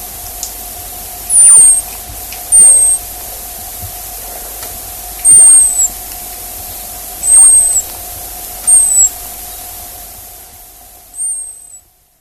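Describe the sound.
Hazel dormouse producing high-pitched thin squeaks, six at uneven intervals, some gently falling, the last after the background hum drops away.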